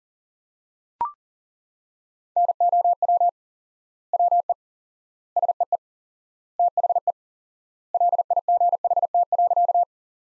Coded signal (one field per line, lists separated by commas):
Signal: Morse code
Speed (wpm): 40 wpm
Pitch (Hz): 700 Hz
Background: none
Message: NOW WE SEE THE LIGHT.